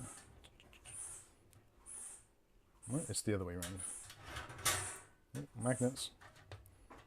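The removable top dust filter of a Thermaltake ITX PC case is handled and turned the right way round over the case top, with soft knocks and scrapes while someone talks. Nothing has seated or clicked yet.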